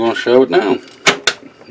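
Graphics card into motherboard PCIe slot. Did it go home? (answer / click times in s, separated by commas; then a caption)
yes / 1.3 s. A graphics card is pushed down into the motherboard PCIe slot until the retention clip at the back of the slot snaps shut. Someone talks for the first 0.8 s, then there is a sharp transient at about 1.1 s and a second, louder click at 1.3 s. The card is seated, with the click at 1.3 s.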